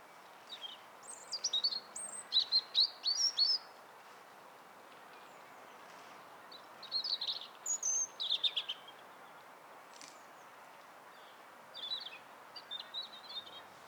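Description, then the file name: European robin song: high, thin warbling phrases of quick varied notes, about two to three seconds each, separated by pauses of a few seconds, over soft steady background hiss. "Erithacus rubecula"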